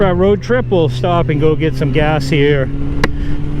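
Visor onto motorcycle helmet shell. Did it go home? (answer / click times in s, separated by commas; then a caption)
yes / 3.0 s. A rider closes the plastic visor on his motorcycle helmet, and it latches shut onto the helmet shell with a short, sharp snap at 3.0 s. Before that, someone talks over a steady low engine hum.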